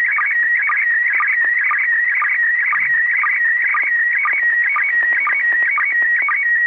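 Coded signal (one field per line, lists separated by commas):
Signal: SSTV (slow-scan television)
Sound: warbling, chirping tone between mid and high pitch, with a short low blip about twice a second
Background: radio static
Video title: ISS SSTV decode Part1! 30° elev.! 1/12/2021! 18:44MEZ (17:44UTC)!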